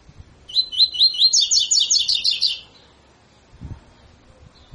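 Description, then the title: Double-collared seedeater song: rising whistles accelerating into a rapid high trill, then quiet with a few low knocks and thumps. Tutor song used for training birds; song style called tui tui fibra. "COLEIRO TUI TUI FIBRA CANTO PROFESSOR"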